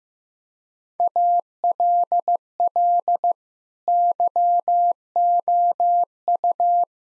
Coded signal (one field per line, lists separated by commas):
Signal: Morse code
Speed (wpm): 15 wpm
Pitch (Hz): 700 Hz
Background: none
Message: ALL YOU